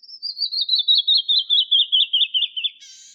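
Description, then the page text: Canyon wren song, a clear cascade of many whistled notes gradually descending in pitch, ending in a short buzzy note, otherwise quiet. "Canyon Wren 1. Quick Sounds"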